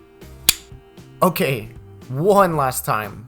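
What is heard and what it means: A thin copper repair sleeve with a solder rim is snapped around a copper water pipe over a pinhole, giving a sharp click at 0.5 s that shows the sleeve is seated in place. Someone talks afterward.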